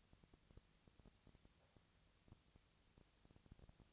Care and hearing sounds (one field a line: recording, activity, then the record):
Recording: daily activity, microphone in the room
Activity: no activity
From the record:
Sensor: 3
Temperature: 20.6 degrees Celsius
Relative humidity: 35.7%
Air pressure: 998.8 hPa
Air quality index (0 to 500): 235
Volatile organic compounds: 71 ppm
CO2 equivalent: 3525 ppm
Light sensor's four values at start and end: 2/3/2/2 and 2/3/2/2